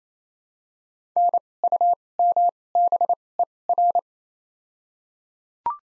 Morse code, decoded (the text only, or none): N U M B E R